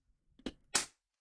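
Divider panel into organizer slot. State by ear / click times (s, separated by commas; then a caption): seated / 0.5 s. A divider panel is pushed down into the indented slots on top of a storage organizer and clicks into place at 0.5 s. A second, louder, brighter snap follows at about 0.8 s, and the divider is seated.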